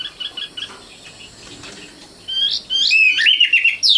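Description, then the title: Oriental magpie-robin song: soft chirps at first, then a loud run of varied whistled and scratchy phrases rising and falling. Kacer song. "Kicau Kacer"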